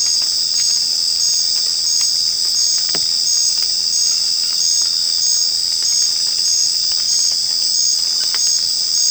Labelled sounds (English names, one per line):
none